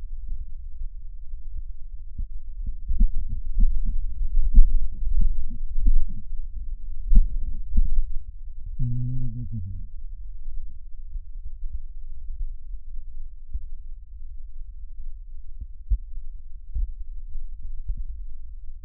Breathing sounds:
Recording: lung sounds by stethoscope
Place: right posterior basal chest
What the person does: quiet breathing, then cough and speech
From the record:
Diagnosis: COPD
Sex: male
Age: 77 years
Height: 172 cm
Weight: 94 kg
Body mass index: 31.8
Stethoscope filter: bell mode

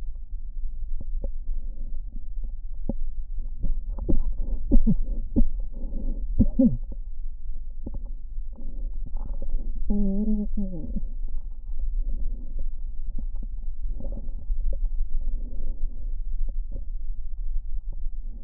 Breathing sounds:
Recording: lung sounds by stethoscope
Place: left posterior basal chest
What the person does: quiet breathing, then cough and speech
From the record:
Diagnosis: interstitial lung disease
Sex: female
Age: 60 years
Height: 154 cm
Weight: 68.1 kg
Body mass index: 28.7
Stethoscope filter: diaphragm mode

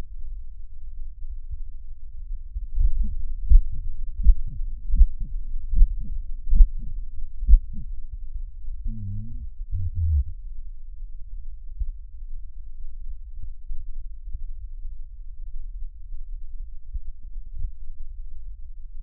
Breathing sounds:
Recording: lung sounds by stethoscope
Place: left anterior apical chest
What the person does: quiet breathing, then cough and speech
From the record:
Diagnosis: interstitial lung disease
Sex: male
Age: 65 years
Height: 161 cm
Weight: 74.6 kg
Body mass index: 28.8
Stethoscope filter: bell mode

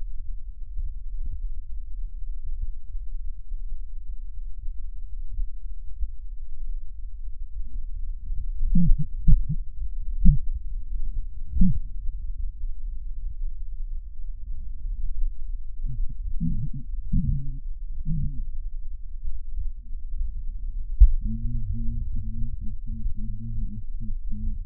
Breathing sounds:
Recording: lung sounds by stethoscope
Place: right posterior apical chest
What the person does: quiet breathing, then cough and speech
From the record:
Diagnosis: none (healthy)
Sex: male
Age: 35 years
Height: 186 cm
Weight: 108 kg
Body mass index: 31.2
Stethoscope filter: bell mode

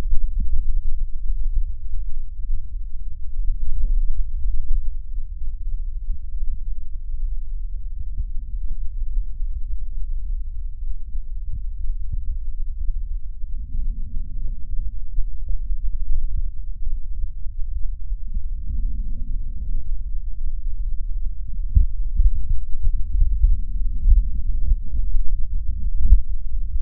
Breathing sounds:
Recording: lung sounds by stethoscope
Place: left posterior basal chest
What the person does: quiet breathing, then deep breathing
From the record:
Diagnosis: none (healthy)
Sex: male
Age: 30 years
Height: 190 cm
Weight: 88 kg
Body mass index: 24.4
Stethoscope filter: bell mode

